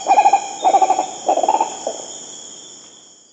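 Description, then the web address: Green ibis call: three short bursts of rapid, rolling hooting notes and a brief final note, over steady high-pitched insect trilling. South America. "Natures Songs S America Green Ibis"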